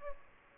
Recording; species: mosquito wingbeat signal from an infrared sensor; Aedes aegypti